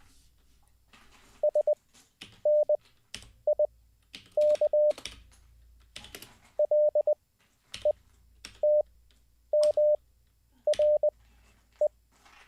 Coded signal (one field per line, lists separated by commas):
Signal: Morse code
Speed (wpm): 20 wpm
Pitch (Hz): 600 Hz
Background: none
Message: SNIK LETMRE